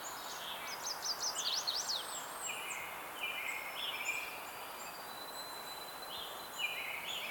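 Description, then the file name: White-throated sparrow song: drawn-out clear whistled notes after a burst of quick high chips, with steady background hiss throughout. "Zonotrichia albicollis - White-throated Sparrow"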